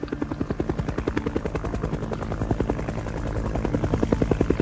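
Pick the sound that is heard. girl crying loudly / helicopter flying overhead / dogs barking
helicopter flying overhead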